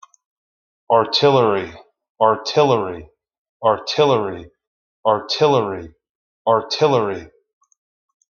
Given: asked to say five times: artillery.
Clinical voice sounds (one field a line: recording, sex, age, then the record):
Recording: repeated word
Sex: male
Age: 40 to 49 years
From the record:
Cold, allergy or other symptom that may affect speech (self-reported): no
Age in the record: 44 years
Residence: Florida, United States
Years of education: 16